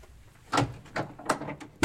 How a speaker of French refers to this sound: En bas, la porte s'ouvrit.